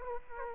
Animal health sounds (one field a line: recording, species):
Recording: mosquito wingbeat signal from an infrared sensor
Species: Aedes aegypti